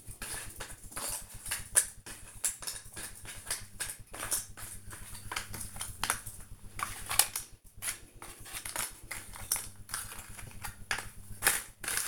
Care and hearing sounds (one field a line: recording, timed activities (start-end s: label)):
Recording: household activities, microphone on the right wrist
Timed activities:
0.00-12.08 s: doing a puzzle